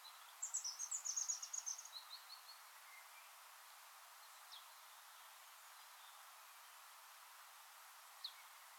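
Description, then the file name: European robin song: a high, tinkling, descending trill of quick notes early on, then near silence with two isolated thin high notes. "Erithacus rubecula"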